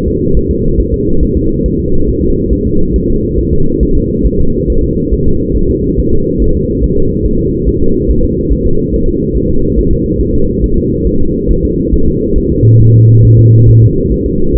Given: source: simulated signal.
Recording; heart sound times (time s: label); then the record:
fetal heart sounds
0.08 s: S2
0.37 s: S1
0.51 s: S2
0.80 s: S1
0.94 s: S2
1.23 s: S1
1.37 s: S2
1.66 s: S1
1.80 s: S2
2.09 s: S1
2.23 s: S2
2.53 s: S1
2.67 s: S2
2.96 s: S1
3.10 s: S2
3.39 s: S1
3.53 s: S2
3.83 s: S1
3.97 s: S2
4.26 s: S1
4.41 s: S2
4.70 s: S1
4.84 s: S2
5.13 s: S1
5.28 s: S2
5.57 s: S1
5.71 s: S2
5.99 s: S1
6.13 s: S2
6.42 s: S1
6.56 s: S2
6.84 s: S1
6.98 s: S2
7.26 s: S1
7.40 s: S2
7.69 s: S1
7.83 s: S2
8.11 s: S1
8.25 s: S2
8.52 s: S1
8.67 s: S2
8.94 s: S1
9.08 s: S2
9.36 s: S1
9.50 s: S2
9.79 s: S1
9.93 s: S2
10.21 s: S1
10.35 s: S2
10.64 s: S1
10.78 s: S2
11.07 s: S1
11.21 s: S2
11.51 s: S1
11.65 s: S2
11.94 s: S1
12.08 s: S2
12.38 s: S1
12.52 s: S2
12.81 s: S1
12.96 s: S2
13.25 s: S1
13.39 s: S2
13.69 s: S1
13.83 s: S2
14.12 s: S1
14.26 s: S2
14.56 s: S1
From the record:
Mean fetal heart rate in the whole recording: 140 bpm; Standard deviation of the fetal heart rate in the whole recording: 2 bpm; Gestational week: 34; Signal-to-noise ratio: -17.7 dB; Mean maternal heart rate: 72 bpm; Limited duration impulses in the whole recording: present